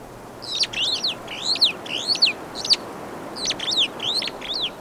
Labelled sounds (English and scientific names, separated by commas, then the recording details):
Superb Starling (Lamprotornis superbus) flight call
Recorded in Kenya on 23 April 2009 at 10:46
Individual 125, of group SRB1